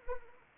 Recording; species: mosquito wingbeat signal from an infrared sensor; Anopheles arabiensis